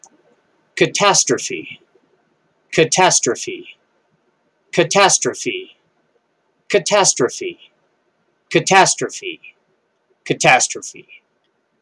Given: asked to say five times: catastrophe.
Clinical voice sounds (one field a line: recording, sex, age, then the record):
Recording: repeated word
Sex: male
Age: 50 to 59 years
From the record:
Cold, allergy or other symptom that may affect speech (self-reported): no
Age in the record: 52 years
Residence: Colorado, United States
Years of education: 14